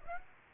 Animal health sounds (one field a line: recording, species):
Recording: mosquito wingbeat signal from an infrared sensor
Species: Aedes aegypti